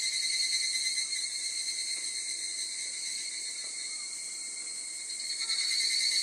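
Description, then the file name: Evening cicada song heard as a continuous shrill, ringing drone with steady high tones, holding level for the whole stretch with little change. "kanakana"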